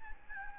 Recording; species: mosquito wingbeat signal from an infrared sensor; Aedes albopictus